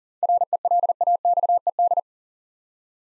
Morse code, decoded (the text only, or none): RELAXED